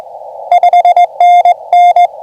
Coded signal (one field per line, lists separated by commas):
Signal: Morse code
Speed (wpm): 21 wpm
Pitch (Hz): 700 Hz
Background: none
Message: 5NN